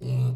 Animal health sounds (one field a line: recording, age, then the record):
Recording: pig call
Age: weaner (32 to 43 days)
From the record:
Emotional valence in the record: negative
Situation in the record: short isolation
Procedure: open field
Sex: female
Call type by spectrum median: low-frequency call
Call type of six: low-frequency stable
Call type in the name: low-frequency stable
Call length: 0.35 s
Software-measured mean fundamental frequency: 63 Hz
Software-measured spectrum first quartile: 126 Hz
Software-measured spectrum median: 139 Hz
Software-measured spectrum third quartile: 199 Hz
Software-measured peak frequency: 132 Hz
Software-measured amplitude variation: 64 dB a second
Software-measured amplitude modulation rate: 25.4 a second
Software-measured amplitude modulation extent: 2.5 dB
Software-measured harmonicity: 8.2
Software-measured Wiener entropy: -1.10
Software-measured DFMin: 1263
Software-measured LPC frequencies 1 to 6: 2706, 3838, 4435, 4906, 6305, 6966 Hz